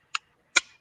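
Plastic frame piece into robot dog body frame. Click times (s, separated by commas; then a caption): 0.2 s, 0.6 s. A plastic frame piece is pressed into the body frame of a small robot dog kit and snaps into place, making two sharp clicks at 0.1 s and 0.6 s. The second click is louder, with a brief ringing tail. The pieces are seated, and there is no talk.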